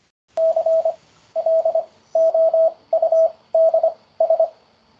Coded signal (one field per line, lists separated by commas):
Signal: Morse code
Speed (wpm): 25 wpm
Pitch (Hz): 650 Hz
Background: none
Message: CLOUDS